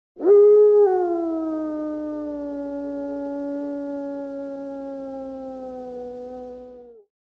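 A single long, loud animal howl that starts with a sharp rise, then holds a steady, slightly falling tone for about seven seconds before fading out.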